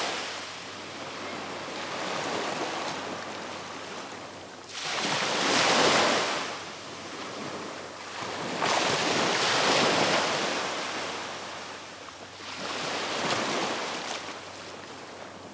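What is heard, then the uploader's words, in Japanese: Quiet ocean waves roll in slowly and gently, with soft swells building and easing about every four seconds, near 5, 9 and 13 seconds. Between them a steady hiss of water and light wind fills the air, with nothing else intruding. The ocean is waiting for the sunrise/日の出を待っている、海。日の出前の静かな波はゆらゆらとゆっくりでとても穏やか。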